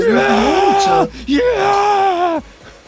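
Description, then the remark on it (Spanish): A person vocally imitates the drawn-out scream of rage that a film actor always makes in scenes of anger or madness: two loud, strained, harmonic yells, the first wavering and breaking, a brief gap, then a second sustained cry that cuts off abruptly. “Siempre hace ese grito, así.”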